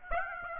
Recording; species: mosquito wingbeat signal from an infrared sensor; Aedes aegypti